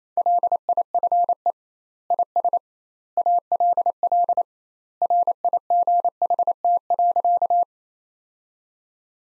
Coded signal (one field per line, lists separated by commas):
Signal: Morse code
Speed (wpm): 28 wpm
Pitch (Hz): 700 Hz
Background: none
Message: LIFE IS ALL RIGHT.